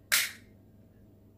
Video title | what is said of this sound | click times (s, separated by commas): Tutorial smart touch switch - part 2 tutorial | chúng tôi cố gắng để mở nó cho đến khi bạn nghe thấy một tiếng click chúng tôi cố gắng được | 0.1 s